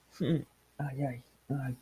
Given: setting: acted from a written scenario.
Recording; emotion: vocal sound without words; pain